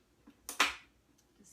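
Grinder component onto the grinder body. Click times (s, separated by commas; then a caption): 0.5 s, 0.6 s. A part is pushed onto the body of a small meat grinder during assembly and snaps into place, giving two sharp clicks at 0.5 s and 0.6 s, the second louder with a short ringing tail. A faint tick follows at about 1.2 s in otherwise quiet surroundings, and the part ends up seated.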